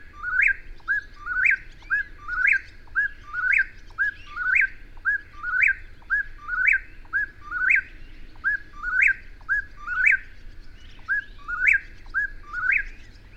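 Bird singing a bright upslurred phrase again and again, over a low background rumble.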